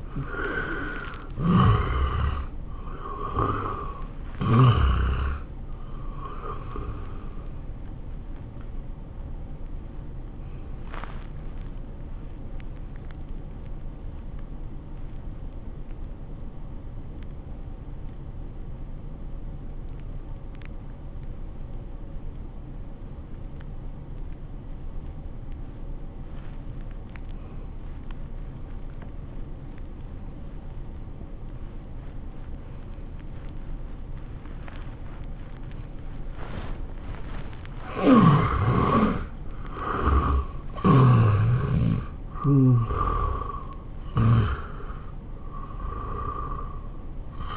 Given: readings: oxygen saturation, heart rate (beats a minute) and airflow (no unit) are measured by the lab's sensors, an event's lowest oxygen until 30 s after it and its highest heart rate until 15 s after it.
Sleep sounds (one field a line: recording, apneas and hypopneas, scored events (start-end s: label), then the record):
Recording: breathing in sleep by a smartphone at the bedside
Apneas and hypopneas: 1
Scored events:
13.00-37.80 s: obstructive apnea (N1, oxygen 95% highest, then 78% lowest, heart rate 81 at the start, 96 highest)
From the record:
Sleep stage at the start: N1 (lightest sleep)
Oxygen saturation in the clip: 79 to 95%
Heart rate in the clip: 74 to 96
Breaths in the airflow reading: 6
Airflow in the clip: -14.9 to 12.6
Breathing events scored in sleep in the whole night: 403 in 5.5 hours asleep